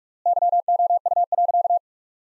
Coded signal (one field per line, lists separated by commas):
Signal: Morse code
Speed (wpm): 46 wpm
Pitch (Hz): 700 Hz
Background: none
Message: YOU.